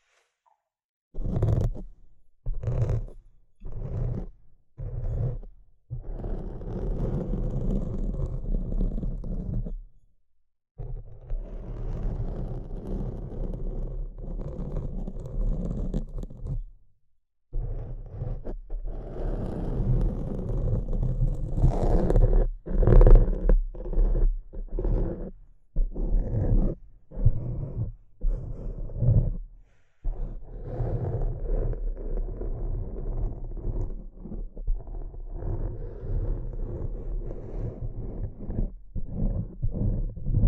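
Tapping and scratching in a stop-start pattern: sharp taps come in quick runs near the start, then long stretches of dense, low scratching that break off abruptly around 10, 17 and 30 seconds. More short taps cluster between 22 and 30 seconds.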